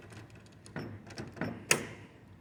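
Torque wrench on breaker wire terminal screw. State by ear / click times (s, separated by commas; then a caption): torque reached / 1.7 s. A torque wrench set to 18 lbs tightens a wire terminal screw on a DIN rail breaker in a SolarEdge backup interface. Several softer ratcheting knocks come first, then a sharp, bright click at 1.7 s as the wrench reaches its setting. The terminal is confirmed torqued.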